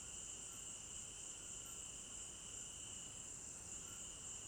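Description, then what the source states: Crickets chirring in a dense, even chorus, high and continuous, with a lower steady tone and gentle background hiss. Crickets at night in an African village garden; stereo binaural recording.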